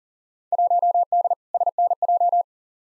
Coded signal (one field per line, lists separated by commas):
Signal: Morse code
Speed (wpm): 40 wpm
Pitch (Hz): 700 Hz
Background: none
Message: 1D SNJ